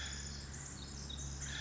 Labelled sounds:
Pacific Wren

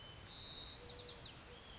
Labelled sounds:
White-crowned Sparrow

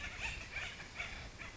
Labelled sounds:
Acorn Woodpecker

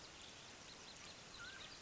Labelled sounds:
Mountain Quail

